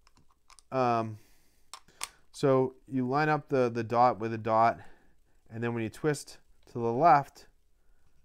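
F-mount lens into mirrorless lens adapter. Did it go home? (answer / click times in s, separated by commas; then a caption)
no / none. A Nikon F-mount lens is lined up dot to dot on a mirrorless lens mount adapter, ready to be twisted to the left into its bayonet latch, while someone talks throughout. A few faint handling ticks sound in the first two seconds, with the sharpest near 1.7 and 2.0 s. Nothing has seated or clicked yet.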